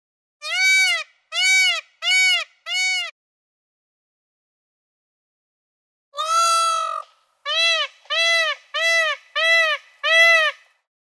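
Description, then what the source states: Peafowl calling: loud, nasal, wailing cries, four in a quick row, a pause, one longer drawn-out cry, then five more evenly spaced calls. A peacock calling.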